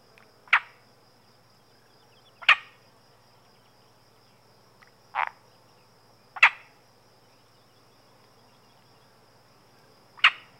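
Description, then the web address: Iberian marsh frog giving short rasping croaks, five calls spread unevenly across about ten seconds, each a brief harsh burst, with a constant low hum behind. "The BBC Sound Effects Library. Iberian Marsh Frog"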